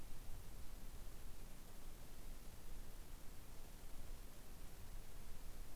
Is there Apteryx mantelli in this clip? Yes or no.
no